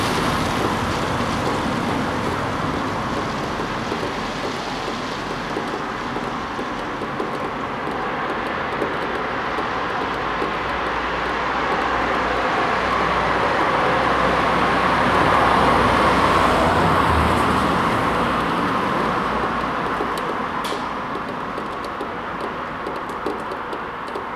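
Steady traffic noise rolls on throughout, a dense low rumble of cars passing with no break. The sound swells slightly in the middle, around fifteen seconds, and a few faint clicks surface near the end.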